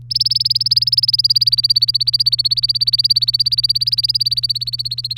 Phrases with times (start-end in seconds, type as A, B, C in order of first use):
0.10-5.18 A